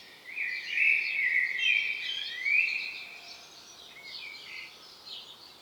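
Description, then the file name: Common blackbird song, a rich fluty warble with bright high squeaks, trailing off into softer twittering. "Turdus merula"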